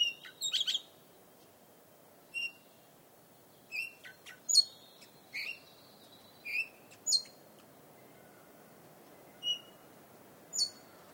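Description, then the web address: Red-rumped parakeet calls: short, sharp high chirps in scattered bursts, some doubled, spaced irregularly over steady low background hiss. "Sound Effects-BBC Birds Parakeets"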